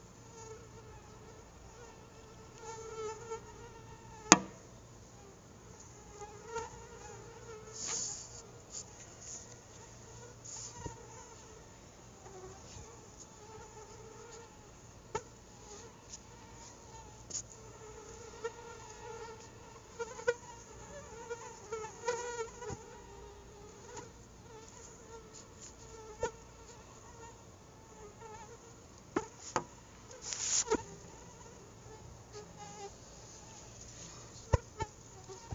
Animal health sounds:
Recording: mosquito flight sound by mobile phone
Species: Anopheles quadriannulatus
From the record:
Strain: SANQUA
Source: CDC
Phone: Google Nexus

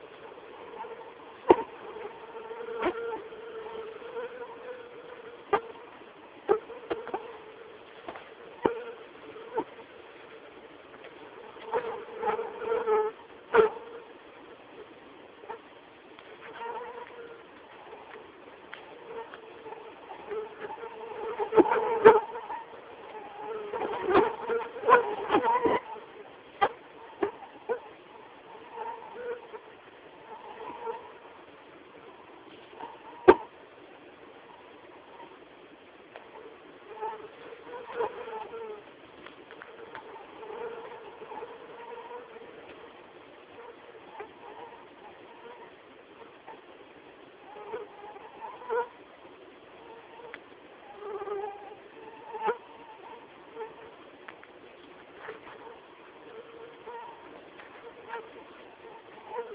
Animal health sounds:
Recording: mosquito flight sound by mobile phone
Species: Anopheles atroparvus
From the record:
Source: CDC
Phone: Samsung T209

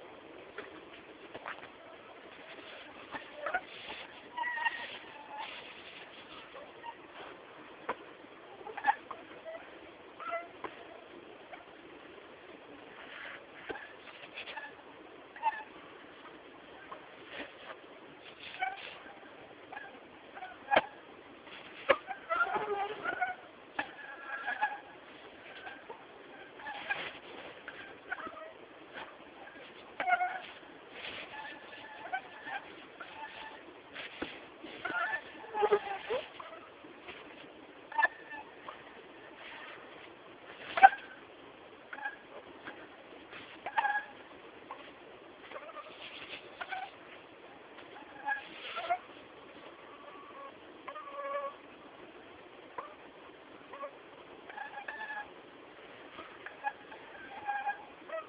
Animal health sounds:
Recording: mosquito flight sound by mobile phone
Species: Anopheles minimus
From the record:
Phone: Samsung T209

